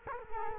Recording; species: mosquito wingbeat signal from an infrared sensor; Culex quinquefasciatus